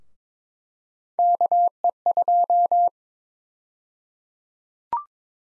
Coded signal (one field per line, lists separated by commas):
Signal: Morse code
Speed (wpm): 22 wpm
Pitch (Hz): 700 Hz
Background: none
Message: KE2